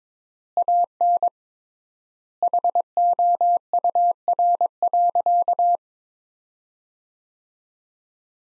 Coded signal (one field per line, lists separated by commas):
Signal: Morse code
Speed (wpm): 22 wpm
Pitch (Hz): 700 Hz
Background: none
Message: AN HOUR.